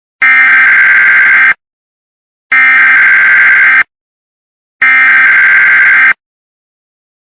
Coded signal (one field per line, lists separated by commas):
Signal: Emergency Alert System (SAME) tones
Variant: header bursts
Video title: Emergency Alert System on September 11, 2001